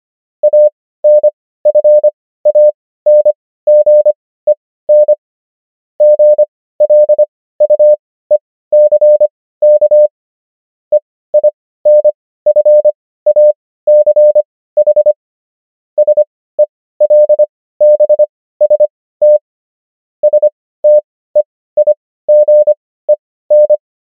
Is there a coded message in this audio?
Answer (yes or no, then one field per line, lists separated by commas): yes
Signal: Morse code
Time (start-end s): 0.4-23.8 s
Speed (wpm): 25 wpm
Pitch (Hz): 600 Hz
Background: none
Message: ANFANGEN GLUECK EINFACH SELBST STEIGEN